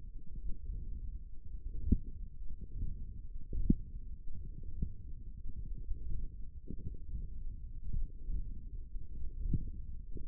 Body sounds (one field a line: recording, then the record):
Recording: forearm muscle sounds (acoustic myography)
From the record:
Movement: hook grip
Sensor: system 1, eight BSWA MPA416 microphones around the upper forearm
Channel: 3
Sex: female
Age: 22 years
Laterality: right